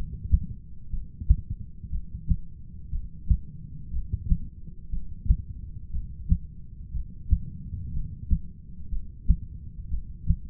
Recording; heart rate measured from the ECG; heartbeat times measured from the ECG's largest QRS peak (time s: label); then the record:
heart sounds by stethoscope; 60 bpm
0.90 s: heartbeat
1.90 s: heartbeat
2.90 s: heartbeat
3.91 s: heartbeat
4.90 s: heartbeat
5.91 s: heartbeat
6.92 s: heartbeat
7.92 s: heartbeat
8.90 s: heartbeat
9.89 s: heartbeat
From the record:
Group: heart failure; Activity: rest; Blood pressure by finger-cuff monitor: 114/78 mmHg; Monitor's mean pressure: 91 mmHg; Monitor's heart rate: 60 bpm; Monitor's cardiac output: 6.5 L/min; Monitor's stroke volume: 106 mL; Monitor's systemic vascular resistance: 1040 dyn s/cm5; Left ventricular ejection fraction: 25%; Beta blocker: metoprolol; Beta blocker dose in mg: 62.5 twice daily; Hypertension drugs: ramipril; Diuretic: furosemide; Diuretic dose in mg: 40 twice daily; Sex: male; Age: 57 years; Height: 180 cm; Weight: 90.5 kg